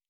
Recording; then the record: hydrophone in a shrimp aquaculture tank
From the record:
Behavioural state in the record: normal